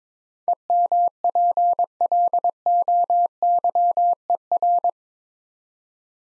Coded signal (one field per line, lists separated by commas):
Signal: Morse code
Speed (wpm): 22 wpm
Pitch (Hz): 700 Hz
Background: none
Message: EMPLOYER